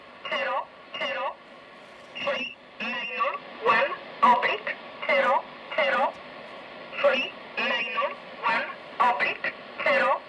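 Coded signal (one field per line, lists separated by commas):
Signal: numbers station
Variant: E07, English Man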